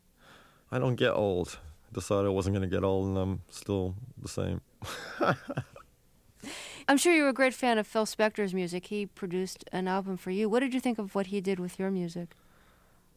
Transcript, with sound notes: I don't get old. I decided I wasn't going to get old and I'm still the same (laughter).
I'm sure you were a great fan of Phil Spector's music. He produced an album for you. What did you think of what he did with your music?